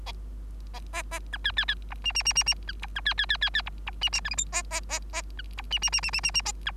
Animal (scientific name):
Lonchura striata domestica